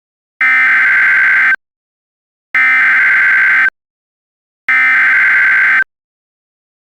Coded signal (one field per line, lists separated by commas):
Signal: Emergency Alert System (SAME) tones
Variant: header bursts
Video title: [EAS Scenario/Angry EAS] WSM Pt 1: The KWO35 incident (VALID TONES)